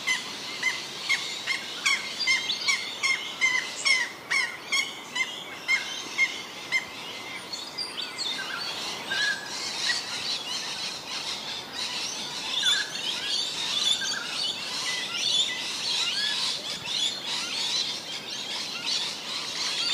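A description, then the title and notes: Parrots call in a busy, overlapping chorus of bright chirps and squawks, with a quick run of sharp, repeated calls through the first seven seconds. After that the calling thins into a steadier wash of chatter over a constant hiss. Natural Parrot Sounds.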